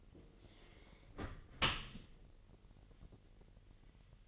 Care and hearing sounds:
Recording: daily activity, microphone in the room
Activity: close dishwasher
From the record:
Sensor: 4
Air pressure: 1001.3 hPa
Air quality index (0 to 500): 249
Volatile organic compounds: 46 ppm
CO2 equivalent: 3245 ppm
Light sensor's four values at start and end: 8/17/6/6 and 7/16/6/6

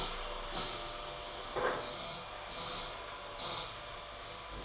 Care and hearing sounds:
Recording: daily activity, microphone in the room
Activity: vacuum cleaning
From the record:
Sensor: 5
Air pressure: 992.0 hPa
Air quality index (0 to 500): 175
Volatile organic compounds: 621 ppm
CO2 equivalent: 4959 ppm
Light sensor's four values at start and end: 30/106/39/41 and 30/106/39/41

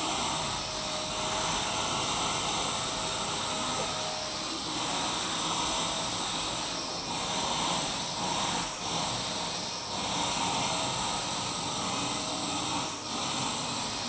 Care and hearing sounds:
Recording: daily activity, microphone in the room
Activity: vacuum cleaning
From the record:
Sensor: 1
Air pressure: 999.3 hPa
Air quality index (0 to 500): 206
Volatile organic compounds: 48 ppm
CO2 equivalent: 3262 ppm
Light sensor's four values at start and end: 9/21/8/9 and 9/22/8/9

